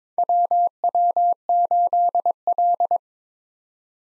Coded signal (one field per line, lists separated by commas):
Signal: Morse code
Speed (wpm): 22 wpm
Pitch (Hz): 700 Hz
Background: none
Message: WW8L